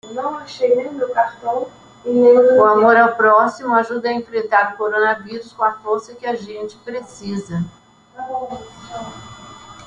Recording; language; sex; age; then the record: spoken sentence; Brazilian Portuguese; female; 70 to 79 years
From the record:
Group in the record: control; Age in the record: 71 years